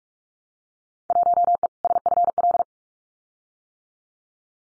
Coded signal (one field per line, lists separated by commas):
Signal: Morse code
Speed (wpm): 46 wpm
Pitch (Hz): 700 Hz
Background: none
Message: 1E SFL